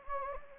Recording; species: mosquito wingbeat signal from an infrared sensor; Anopheles gambiae